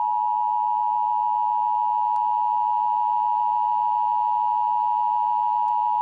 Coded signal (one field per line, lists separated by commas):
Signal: Emergency Alert System (SAME) tones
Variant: 853 and 960 Hz attention tone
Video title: EAS Scenario: Tornado Alley Death Trap